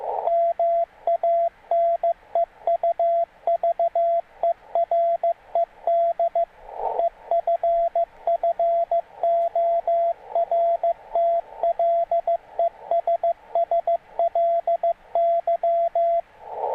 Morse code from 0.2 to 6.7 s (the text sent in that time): MANEUVERED